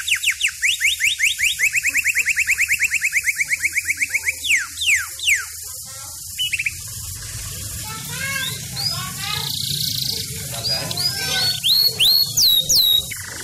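Bird song: a fast series of sharp downslurred notes, then a steady high trill, followed by a few downslurred whistles and varied chirps and buzzy notes.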